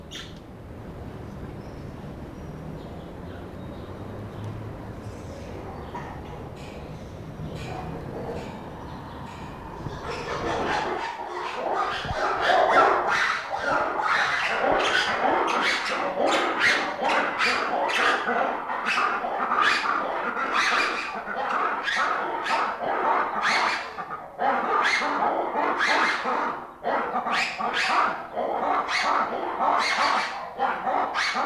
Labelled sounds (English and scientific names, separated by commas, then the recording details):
Black-and-white Ruffed Lemur (Varecia variegata)
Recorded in captivity
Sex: pair
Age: adult
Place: Zoo Berlin, Berlin, DE
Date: 1995-08-05 19:55
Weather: heiter, 25°C
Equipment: Nagra SN, Sennheiser ME 80, Kopie Uher 4000 Report Monitor
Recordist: Tembrock, Günter